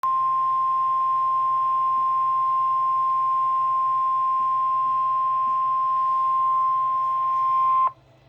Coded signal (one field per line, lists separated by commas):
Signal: Emergency Alert System (SAME) tones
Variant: 1050 Hz attention tone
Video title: Severe Thunderstorm Warning 23 - 6/30/2019 June 30 2019 Essex County, MA NWS NOAA EAS